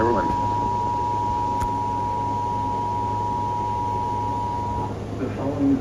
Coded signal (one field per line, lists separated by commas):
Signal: Emergency Alert System (SAME) tones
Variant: 853 and 960 Hz attention tone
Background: speech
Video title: EAS Alerts from September 21-22, 2024 [EAS #1,859-1,873]